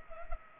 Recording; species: mosquito wingbeat signal from an infrared sensor; Culex pipiens